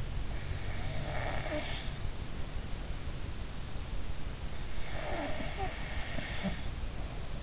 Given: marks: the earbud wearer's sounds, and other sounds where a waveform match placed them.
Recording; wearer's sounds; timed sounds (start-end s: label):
sounds in sleep by an in-ear microphone; snoring breath
0.39-2.61 s: snoring breath
4.84-7.43 s: snoring breath